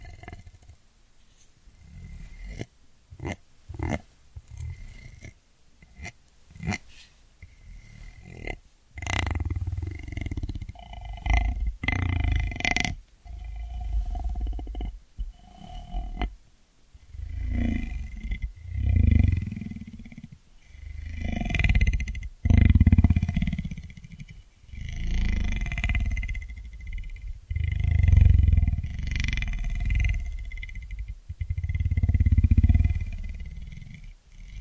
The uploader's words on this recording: ASMR 10 Sleep Inducing Ear Cleaning Triggers with 3D Brain Penetration (No Talking).